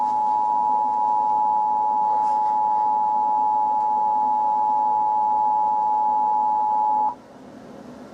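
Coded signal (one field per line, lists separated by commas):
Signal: Emergency Alert System (SAME) tones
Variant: 853 and 960 Hz attention tone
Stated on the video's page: Simulated EAS scenario recreating severe weather coverage, not a real broadcast.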